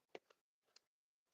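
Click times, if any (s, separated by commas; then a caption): 0.1 s. A screw being driven into a 1/10 RC buggy's plastic chassis part strips as its thread or head lets go. A sharp tick at 0.2 seconds marks the strip, followed by fainter ticks at about 0.8 and 1.4 seconds with quiet gaps between.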